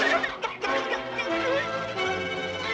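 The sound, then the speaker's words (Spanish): Several chickens cluck and squawk together in a dense, continuous chorus, with overlapping high-pitched calls and a few sharper bursts near the start, as they are given their breakfast. “Esta mía gallina tonta. Suéltalo.”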